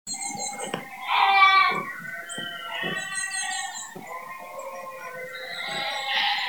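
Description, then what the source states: Sheep bleating: several wavering, nasal bleats. Bleating sheep in a field at Westhumble, June 2020.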